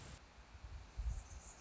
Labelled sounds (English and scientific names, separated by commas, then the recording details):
Anna's Hummingbird (Calypte anna)
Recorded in Sonoma County, California